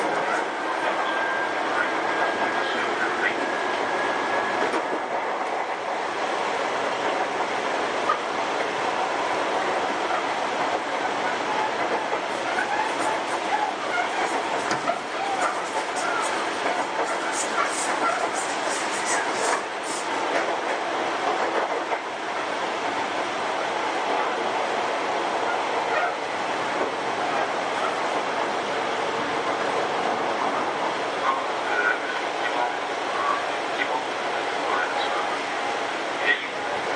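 A Sotetsu 7000 series train runs between Yokohama and Yamato, its steady interior rumble and rattle filling the whole stretch. Brief squeals and clatter spike around fifteen to twenty seconds, and faint voices sit underneath the constant roar.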